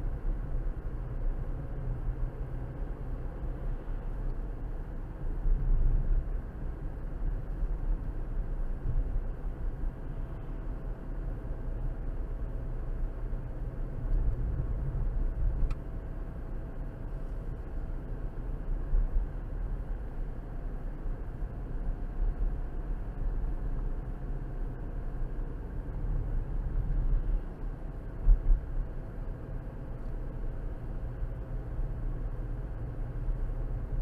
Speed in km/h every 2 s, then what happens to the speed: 42, 44, 44, 42, 44, 44, 44, 44, 42, 42, 44, 47, 45, 45, 42, 44, 42.
0-34 steady at about 44.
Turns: none.